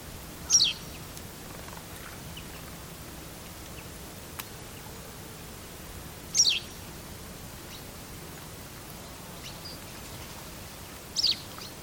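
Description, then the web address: White wagtail calls, three brief high chirps spaced roughly five seconds apart against a quiet outdoor background. "Deverinetal 2025 File origin Bird Only"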